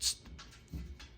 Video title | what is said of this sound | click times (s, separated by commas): 2024 Ford Ranger Raptor gets a Gator EFX Tonneau Cover | it doesn't snap in I mean it is a really tight fit | none